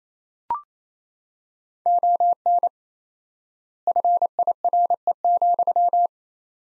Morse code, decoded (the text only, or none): ON FIRE,